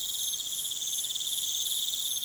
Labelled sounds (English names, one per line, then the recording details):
none
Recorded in pastures near Puerto Asís, Putumayo, Colombia, on 29 June 2025 at 21:00
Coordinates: 0.486, -76.323
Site H29